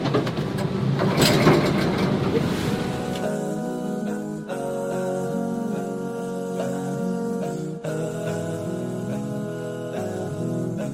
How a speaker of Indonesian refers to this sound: Yuk, kita akan dengarkan suara perahu khusus. Tarik, Bang.